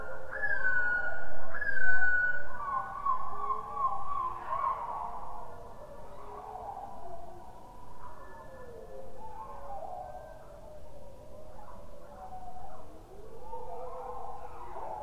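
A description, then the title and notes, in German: Bird calls slowed down without pitch correction, so they come out as deep, drawn-out roars and groans like large beasts. Long sliding wails overlap densely in the first five seconds, then shorter moaning calls follow every second or so over a low, continuous rumble. Wenn man Vögel langsamer abspielt und danach nicht mehr die Tonhöhe korrigiert, dann klingen die Tiere wie brüllende Dinosaurier.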